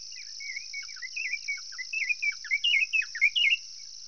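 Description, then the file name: White-browed robin-chat song: varied slurred whistled phrases that grow louder, over a constant high insect drone. "Cossyphe-d Heuglin-Cossypha-heuglini-White-Browed-robin-chat-Weissbrauenrotel"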